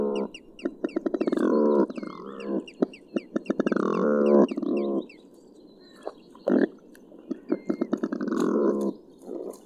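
Smew giving deep rattling grunts in short bouts separated by pauses.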